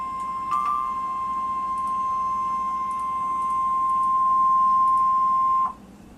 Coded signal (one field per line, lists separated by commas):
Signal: Emergency Alert System (SAME) tones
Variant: 1050 Hz attention tone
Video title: Tornado Warning for Oklahoma City | EAS - NOAA Weather Radio (5/20/2013)